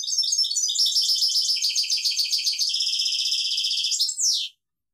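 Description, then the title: European goldfinch song: a continuous rapid twittering of high, liquid and buzzy notes for over four seconds, ending in a quick descending slurred note. "Chant Chardonneret"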